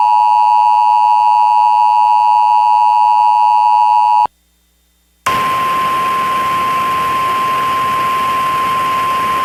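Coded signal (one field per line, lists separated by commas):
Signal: Emergency Alert System (SAME) tones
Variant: 853 and 960 Hz attention tone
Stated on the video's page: Mock EAS tornado warning with valid tones, styled as relayed by a satellite television headend.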